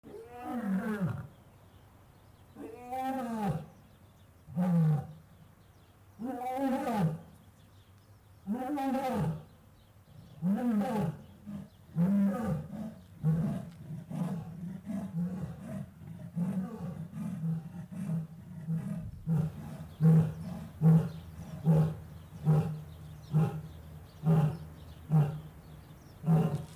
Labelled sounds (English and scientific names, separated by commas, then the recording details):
Lion (Panthera leo) call
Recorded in captivity
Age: adult
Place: Tiergarten Wilhelma/Stuttgart, Baden-Württemberg, DE
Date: 2005-03-14 16:14
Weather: fair, 5-8°C
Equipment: Sony WM-D6C, Sony ECM-MS 907, Kopie Uher 4000 Report Monitor
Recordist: Tembrock, Günter